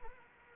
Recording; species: mosquito wingbeat signal from an infrared sensor; Anopheles arabiensis